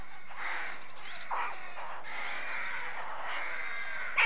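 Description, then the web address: Rook calls from a busy colony, several rough drawn-out caws overlapping, with a sharper sound right at the end. Rookery with nests. "BBC Sound Effects Library. Rookery"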